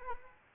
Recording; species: mosquito wingbeat signal from an infrared sensor; Anopheles arabiensis